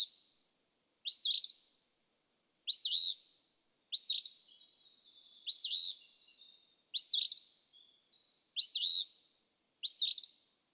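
Eastern Phoebe singing a steady series of hoarse, two-noted fee-bee phrases, seven in a row, nothing else audible.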